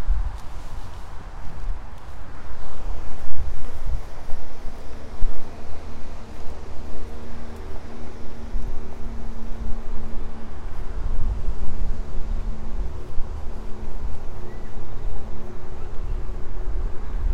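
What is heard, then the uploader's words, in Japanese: A field beside a road, where cars and motorbikes often pass. A steady low rumble runs throughout, and from about five seconds a passing engine adds a droning, slightly rising tone that lingers to the end. Faint scattered ticks and rustles sit underneath. やっと晴れて、サツマイモツル切り。久しぶりの青空を見ながらの昼間、サツマイモ収穫準備で伸びたツルを株元から切っていきます。よく研いだ鎌で一切り。道路が近い畑なので、クルマやバイクもよく通る。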